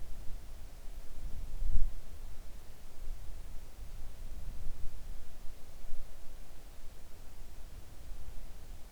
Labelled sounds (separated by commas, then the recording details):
wind
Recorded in the Arctic National Wildlife Refuge, Alaska, on 3 August 2019 at 05:19
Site 41